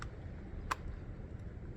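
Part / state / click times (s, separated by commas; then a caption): glass or display panel going into a computer case front / seated / 0.7 s. A glass display panel piece is refit into the front of a Phanteks Evolv Shift XT computer case. Over a low background hum, a faint tick sounds at the start, then a sharp snap at 0.7 s as the panel seats back into place.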